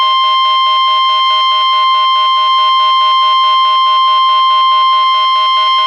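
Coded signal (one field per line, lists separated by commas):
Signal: Emergency Alert System (SAME) tones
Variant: 1050 Hz attention tone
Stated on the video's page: Real required monthly and weekly test captures received off air from FM radio and TV stations.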